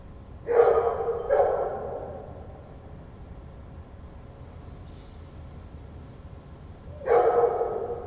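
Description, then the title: Dog barking, two quick loud barks followed after a pause by a third, over low background hum. Friedrichshain, Berlin, Germany; 14 September 2012; recorded from an apartment bathroom window over a patio; dog barking and howling for hours. "Patio with howling dog (Corinthstraße Berlin, September 14th 2012)"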